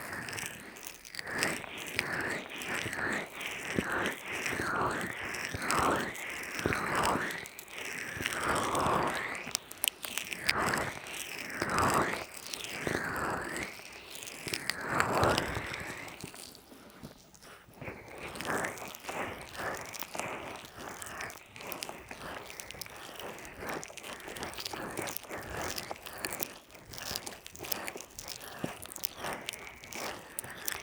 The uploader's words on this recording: ASMR Relaxing Ear Massage NO TALKING (Oil, Lotion & Peeling pack).